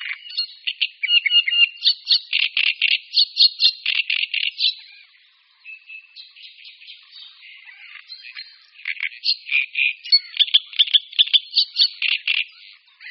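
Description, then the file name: Great reed warbler song of coarse, creaking notes in rapid rhythmic sequences, a quieter middle section, then loud repeated phrases resume. "Rákosník-velký"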